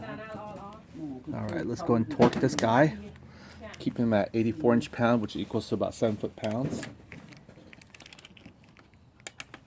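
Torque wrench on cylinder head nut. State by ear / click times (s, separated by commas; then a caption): torque reached / 9.3 s, 9.4 s. Someone talks while a torque wrench set to 84 inch-pounds (about 7 foot-pounds) tightens the cylinder head nuts on a GY6 SSP-G 180cc scooter engine top end with a Taida 232 2V head. After the talking fades, a sharp double click comes at 9.3 s and 9.4 s as the wrench reaches its setting.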